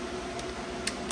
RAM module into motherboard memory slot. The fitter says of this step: enfin le petit but j'espère vous avez bien entendu le petit clic